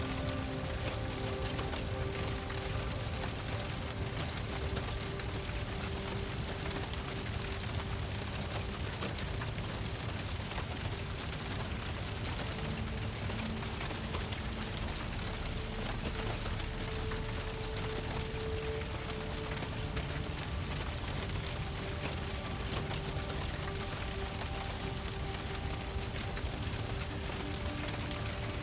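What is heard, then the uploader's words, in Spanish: Crackling fire runs in a dense, steady patter throughout, with soft, sustained music tones holding underneath, unchanging across the half minute. Sonido del FUEGO crepitante y una MÚSICA Tranquilizadora.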